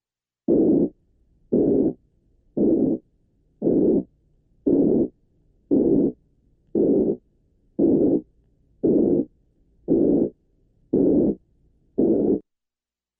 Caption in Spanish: Soplo formado tan solo por una estrecha banda de frecuencias, alrededor de 360 ciclos, lo denomino soplo soplante de tonalidad alta, y este se parece a los soplos de insuficiencia mitral y de insuficiencia aórtica cuando estos no son demasiado intensos.